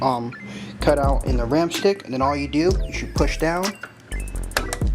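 Someone talks while a RAM module, lined up with the notch in the stick, is pushed down into a motherboard DIMM slot. The slot's retention clips snap closed with a sharp click at 4.6 s, and the module is seated.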